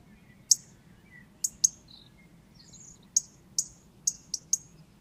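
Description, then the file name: European robin with irregular sharp ticks, single and paired, quickening toward the end, plus a few faint thin high notes between. "Erithacus rubecula"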